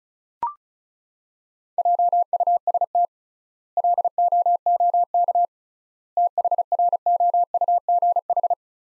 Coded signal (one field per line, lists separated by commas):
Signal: Morse code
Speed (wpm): 36 wpm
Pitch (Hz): 700 Hz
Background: none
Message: JUST LOOK THROUGH